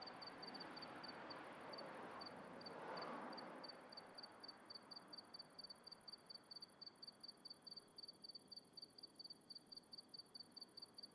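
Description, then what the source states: Cricket chirping in quick regular pulses, with a car swelling past and fading around three seconds in. At night in the countryside, a car passing.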